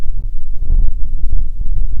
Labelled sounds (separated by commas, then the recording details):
waterfowl, wind
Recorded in the Prudhoe Bay oil fields, Alaska, on 6 August 2019 at 05:26
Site 22